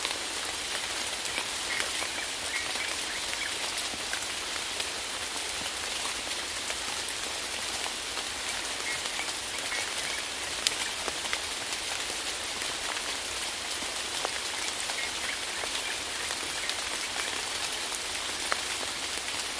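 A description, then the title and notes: Tropical rain falls steadily for the whole stretch, a dense, even hiss that stays bright and constant without easing or building. Countless small drop impacts patter within it, with an occasional sharper tap standing out now and then. Tropical Rain Sounds & Relaxing Nature.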